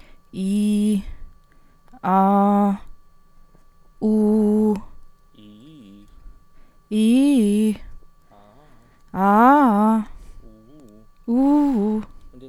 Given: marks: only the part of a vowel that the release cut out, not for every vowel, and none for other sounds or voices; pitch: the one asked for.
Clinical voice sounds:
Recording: sustained vowels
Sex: female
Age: 20 to 29 years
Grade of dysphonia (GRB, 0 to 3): 0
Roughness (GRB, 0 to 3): 0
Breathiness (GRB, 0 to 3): 0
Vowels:
0.39-0.95 s: vowel /i/, low pitch
2.09-2.68 s: vowel /a/, low pitch
4.06-4.67 s: vowel /u/, low pitch
6.96-7.66 s: vowel /i/, low-high-low pitch
9.20-9.96 s: vowel /a/, low-high-low pitch
11.32-11.96 s: vowel /u/, low-high-low pitch
From the record:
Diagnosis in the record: healthy voice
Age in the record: 29 years

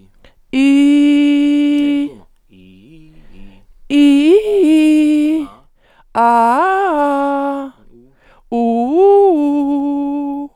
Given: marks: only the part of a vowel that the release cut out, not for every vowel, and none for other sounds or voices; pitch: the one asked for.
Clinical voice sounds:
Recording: sustained vowels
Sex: female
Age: 60 to 69 years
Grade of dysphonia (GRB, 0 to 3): 0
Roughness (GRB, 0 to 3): 0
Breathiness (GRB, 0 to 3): 0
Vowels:
0.64-1.68 s: vowel /i/, high pitch
4.00-5.28 s: vowel /i/, low-high-low pitch
6.28-7.43 s: vowel /a/, low-high-low pitch
8.61-10.23 s: vowel /u/, low-high-low pitch
From the record:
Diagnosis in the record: dysodia (singing voice disorder)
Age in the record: 62 years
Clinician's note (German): Eventuell beginnende Vox senilis

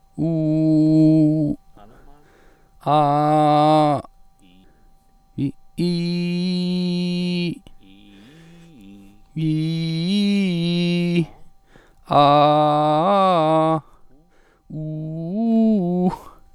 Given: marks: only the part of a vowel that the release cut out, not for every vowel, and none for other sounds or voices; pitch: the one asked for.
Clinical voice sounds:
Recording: sustained vowels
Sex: male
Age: 40 to 49 years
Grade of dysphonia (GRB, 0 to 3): 1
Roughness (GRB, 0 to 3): 0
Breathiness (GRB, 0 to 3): 0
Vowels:
0.29-1.41 s: vowel /u/, low pitch
2.95-3.93 s: vowel /a/, low pitch
9.53-11.10 s: vowel /i/, low-high-low pitch
12.30-13.65 s: vowel /a/, low-high-low pitch
14.81-15.99 s: vowel /u/, low-high-low pitch
From the record:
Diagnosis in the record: healthy voice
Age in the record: 41 years

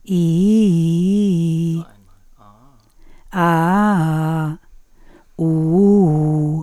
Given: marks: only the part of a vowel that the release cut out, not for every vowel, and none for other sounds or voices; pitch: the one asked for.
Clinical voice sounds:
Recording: sustained vowels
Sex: female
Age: 50 to 59 years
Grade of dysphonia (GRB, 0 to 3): 0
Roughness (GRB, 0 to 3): 0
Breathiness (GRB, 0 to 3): 0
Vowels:
0.20-0.93 s: vowel /i/, low-high-low pitch
3.41-4.43 s: vowel /a/, low-high-low pitch
5.48-6.32 s: vowel /u/, low-high-low pitch
From the record:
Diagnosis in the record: psychogenic dysphonia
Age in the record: 53 years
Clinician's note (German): Leichte funktionelle Störung

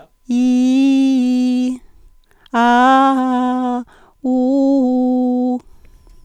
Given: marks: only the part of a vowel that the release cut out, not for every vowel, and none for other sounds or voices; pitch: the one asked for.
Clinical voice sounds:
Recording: sustained vowels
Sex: female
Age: 50 to 59 years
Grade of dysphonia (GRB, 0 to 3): 1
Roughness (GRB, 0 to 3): 1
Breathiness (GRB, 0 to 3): 1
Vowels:
0.40-1.63 s: vowel /i/, low-high-low pitch
2.63-3.74 s: vowel /a/, low-high-low pitch
4.31-5.49 s: vowel /u/, low-high-low pitch
From the record:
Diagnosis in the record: functional dysphonia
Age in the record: 56 years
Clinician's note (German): Multifaktoriell

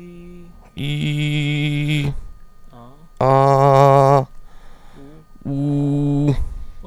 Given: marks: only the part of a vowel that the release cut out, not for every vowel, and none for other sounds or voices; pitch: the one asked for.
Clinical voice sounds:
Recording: sustained vowels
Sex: male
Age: 30 to 39 years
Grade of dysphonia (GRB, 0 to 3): 0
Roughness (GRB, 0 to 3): 0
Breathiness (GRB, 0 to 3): 0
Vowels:
0.85-2.02 s: vowel /i/, high pitch
3.24-3.76 s: vowel /a/, high pitch
5.53-6.26 s: vowel /u/, high pitch
From the record:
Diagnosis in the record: healthy voice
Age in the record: 31 years

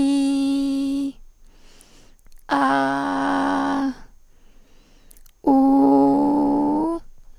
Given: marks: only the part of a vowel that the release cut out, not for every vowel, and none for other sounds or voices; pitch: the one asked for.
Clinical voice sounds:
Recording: sustained vowels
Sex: female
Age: 20 to 29 years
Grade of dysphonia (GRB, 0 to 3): 2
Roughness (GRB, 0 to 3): 2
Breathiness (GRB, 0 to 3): 0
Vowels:
0.00-0.93 s: vowel /i/, normal pitch
2.60-3.72 s: vowel /a/, normal pitch
5.54-6.87 s: vowel /u/, normal pitch
From the record:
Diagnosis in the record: hyperfunctional dysphonia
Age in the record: 29 years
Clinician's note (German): HWS-bedingt, Strahlenfolgen, Zustand nach Neckdissection + Radiatio (Schmicke-TU)

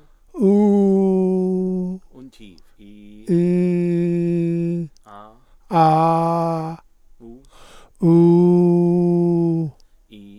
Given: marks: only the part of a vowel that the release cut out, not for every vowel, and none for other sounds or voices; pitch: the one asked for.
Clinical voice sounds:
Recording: sustained vowels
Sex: male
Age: 40 to 49 years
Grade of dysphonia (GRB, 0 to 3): 0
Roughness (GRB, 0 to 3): 0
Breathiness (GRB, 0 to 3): 0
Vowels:
0.49-1.50 s: vowel /u/, high pitch
3.38-4.71 s: vowel /i/, low pitch
5.79-6.48 s: vowel /a/, low pitch
8.10-9.57 s: vowel /u/, low pitch
From the record:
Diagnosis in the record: Down syndrome, dysphonia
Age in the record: 47 years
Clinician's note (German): Morbus Down + Dysphonie

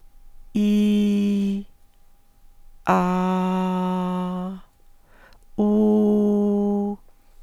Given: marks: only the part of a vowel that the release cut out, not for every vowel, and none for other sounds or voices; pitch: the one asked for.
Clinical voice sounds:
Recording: sustained vowels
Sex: female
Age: 60 to 69 years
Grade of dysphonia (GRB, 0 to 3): 0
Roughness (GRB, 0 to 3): 0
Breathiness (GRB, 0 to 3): 0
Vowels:
0.59-1.55 s: vowel /i/, low pitch
3.01-4.28 s: vowel /a/, low pitch
5.66-6.84 s: vowel /u/, low pitch
From the record:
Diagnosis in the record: contact pachydermia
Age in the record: 61 years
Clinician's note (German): Verdacht auf Kontaktpachydermie, leicht asymmetrisches Schwingungsbild, unvollständiger Glottisschluß

